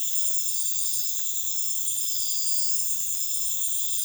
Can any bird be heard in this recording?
no